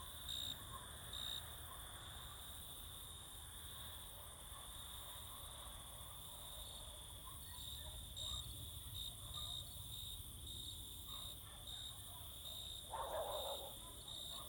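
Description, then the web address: Crickets singing in a steady, continuous high drone over a low rumble. Crickets singing close in summer fields in the evening or night. "Sculp Tunes - Summer in the field - Crickets and Cicadas"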